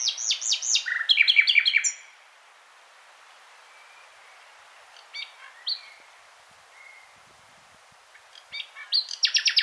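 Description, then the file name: Common nightingale opening with rapid whistled notes and a short trill, a long quiet gap with faint thin notes, then a new burst of sharp high notes. "Luscinia megarhynchos"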